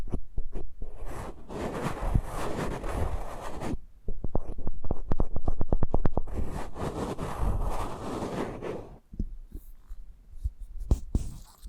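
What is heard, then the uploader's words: Eardrum massage sounds: dense, rubbing friction pressed against the microphone in two long bursts, roughly from the start to four seconds and again from four to nine. Quick tapping strokes open each burst, and after nine seconds only sparse, soft scratches and taps remain. ASMR Intimate Eardrum Massage.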